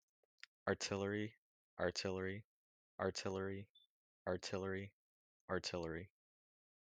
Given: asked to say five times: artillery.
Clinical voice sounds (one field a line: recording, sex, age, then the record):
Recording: repeated word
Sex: male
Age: 18 to 19 years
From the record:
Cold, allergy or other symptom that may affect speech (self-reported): no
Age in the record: 18 years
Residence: Illinois, United States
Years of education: 12